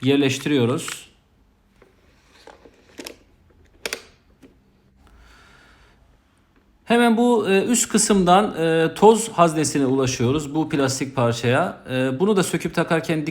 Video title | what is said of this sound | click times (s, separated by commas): ROBOROCK S6 MAX-V İNCELEME, NASIL ÇALIŞIR,NASIL KULLANILIR? HOW TO USE? | beraber tık sesini duyana kadar içeri doğru hemen su haznesinin altına doğru yerleştiriyoruz | 3.9 s